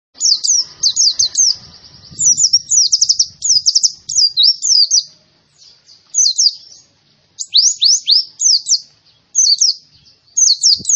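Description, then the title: White-eye song: rapid high-pitched twittering bursts of sharp chirps and short slurred notes, broken by brief pauses, with faint low rustling underneath. Young bird, described as gacor (singing persistently and energetically). "Pleci Gacor. Anakan Pleci"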